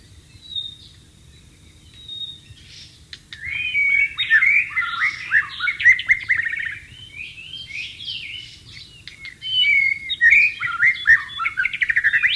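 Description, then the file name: White-rumped shama song, quiet start, then two long energetic bursts of varied fluted whistles and chattering notes. Wild bird, recorded in its natural setting. "suara burung murai batu di alam liar"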